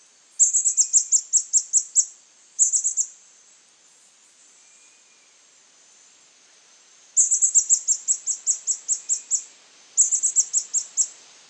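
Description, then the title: White-chinned sapphire giving very high, rapid ticking series of short and longer bursts, with pauses between them. Nominate subspecies Hylocharis cyanus cyanus. "LuckyPassaro Completos2Sama. White-chinned Sapphire"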